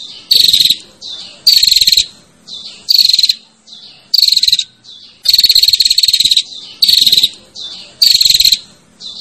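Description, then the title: Prinia sounding grating buzzy calls in steady bursts, each with a faint descending whistled element, separated by short gaps. Female calling the male with the 'ngecirrr' call. "Suara Prenjak Betina Ngecirrr Memanggil Prenjak Jantan"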